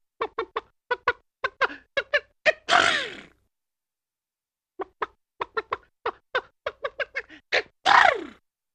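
Chicken cackling: a run of short clucks leading into a loud drawn-out squawk, then after a pause another cluck series ending in a squawk.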